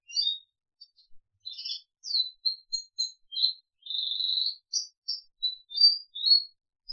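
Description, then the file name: Crested canary song: high twitters and short whistles with one longer sustained warbled note in the middle, in separate bursts with short gaps. "audio kenari jambul"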